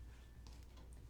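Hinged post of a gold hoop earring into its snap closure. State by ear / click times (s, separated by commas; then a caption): seated / 0.5 s. The hinged post of a 14k yellow gold hoop earring set with simulated diamonds is pressed into its snap closure. A small, sharp snap is heard at 0.5 s, followed by fainter ticks, showing the closure is shut and secure on the ear.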